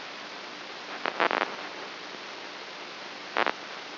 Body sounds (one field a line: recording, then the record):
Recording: brain microelectrode recording played as sound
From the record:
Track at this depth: inside the subthalamic nucleus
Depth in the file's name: 5.84 mm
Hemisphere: right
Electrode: 2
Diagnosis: Parkinson's disease